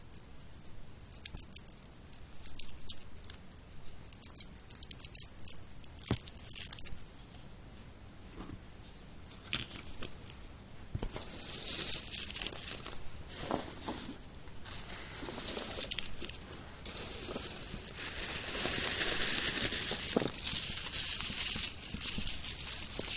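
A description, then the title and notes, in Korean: Crunchy crackling with irregular clicks and snaps, fairly sparse and quiet for the first ten seconds. From about eleven seconds it turns denser, louder and brighter, a steady crinkling hiss with sharp snaps standing out. 땅콩을 먹어볼게요. 오도독오도독.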